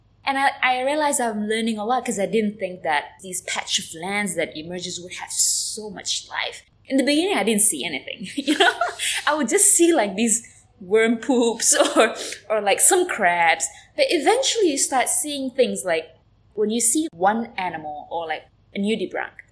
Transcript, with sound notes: And I realized, I’m learning a lot, because I didn’t think that these patch of lands that emerges would have so much life. In the beginning I didn’t see anything, (laughing) I would just see, like, these worm poops or some crabs, but eventually you start seeing things like…when you see one animal, or a nudibranch,